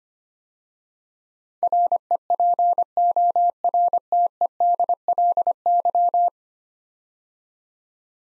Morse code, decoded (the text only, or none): REPORTEDLY